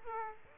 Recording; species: mosquito wingbeat signal from an infrared sensor; Aedes aegypti